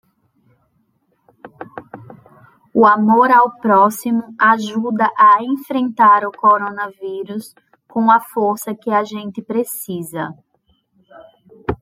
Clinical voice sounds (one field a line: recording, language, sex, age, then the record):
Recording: spoken sentence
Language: Brazilian Portuguese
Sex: female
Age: 30 to 39 years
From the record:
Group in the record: control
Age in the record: 32 years